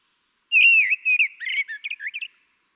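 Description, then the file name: Common blackbird song: one phrase opening with a pure drawn-out whistle, then tumbling into quick twittering and squeaky high notes. "Turdus merula"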